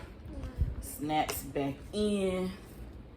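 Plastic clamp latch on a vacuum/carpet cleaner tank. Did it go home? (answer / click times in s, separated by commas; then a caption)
no / none. A plastic clamp latch on a Bissell vacuum/carpet-cleaner tank is handled while someone talks over low background noise. The latch has not snapped back in yet, and nothing has seated or clicked within the clip.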